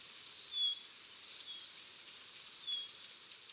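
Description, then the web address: Chestnut-capped brush-finch song: a short run of high-pitched, squeaky, wavering notes over a hissing, noisy background. Ecuador. "Birds of Ecuador. Chestnut-Capped Brush-Finch"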